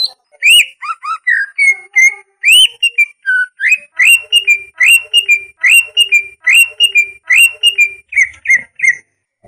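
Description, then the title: Leafbird song: bright whistled slurs and sweeping high notes, settling into similar phrases repeated at a steady pace. "CUCAK IJO"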